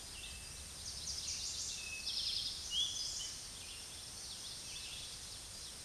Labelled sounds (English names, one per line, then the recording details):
Eastern Towhee song
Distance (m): 40 m
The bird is about 5 m above the microphone
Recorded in a Pennsylvania forest on 16 May 2024 at 06:06
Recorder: AudioMoth, point MSD-2083
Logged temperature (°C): 16.7 °C
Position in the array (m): 108 m, 6 m